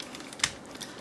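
A plastic transformation part of a DreamStar Toys Slingshoot transforming robot toy (Transformers Masterpiece Superion Slingshot) is lined up and pushed into the toy body. After a few faint ticks, it seats with a single sharp click at 0.4 s, once everything is lined up correctly.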